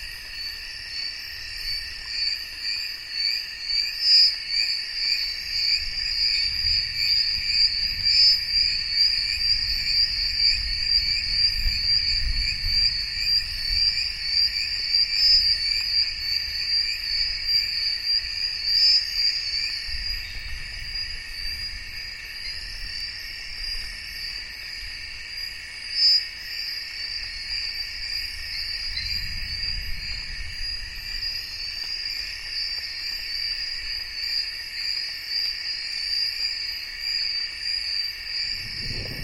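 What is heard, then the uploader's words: A loud, steady insect chorus fills a night rainforest, shrill and dense, with a sharp high layer over a slightly lower buzzing one. Low rolls of thunder rumble underneath from about 3 to 20 seconds, again near 29 seconds, and swell at the very end. Congo Basin - Dense Secondary Rainforest - Night - Storm Approaching. At night in the Congo basin rainforest, miles away from camp.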